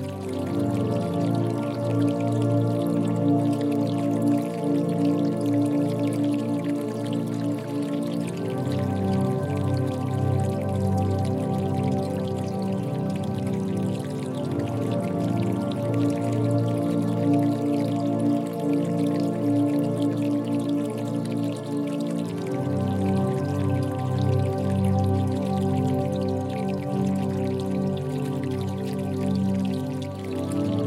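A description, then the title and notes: Water flows gently and continuously, a dense, even rush with a trickling, pouring quality. The sound sits mostly low and warm, with a steady humming undertone and only slight swells and dips, around eight and twenty-two seconds, across the whole half minute. Water Flowing Gently By - Frequency 432Hz. Water and nature sounds.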